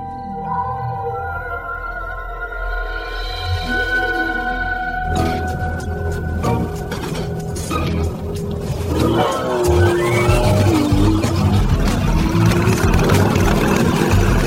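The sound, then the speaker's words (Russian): A steady, droning engine hum with layered tones gives way after a few seconds to a loud, churning roar of engines as a motorcycle chases a car, the roar staying rough and continuous to the end. “Дима с Мишей в погоню за машиной на мотоцикле.”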